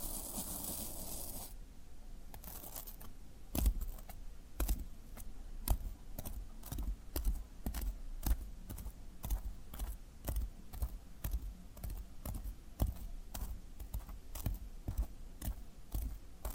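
Floral foam makes crisp, crunchy sounds, opening with a dense second or so of rough crumbling. After that come short, dry snaps and pokes every half second or so, some sharper and louder than others, over a faint steady hiss.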